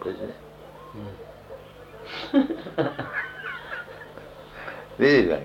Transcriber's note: laughter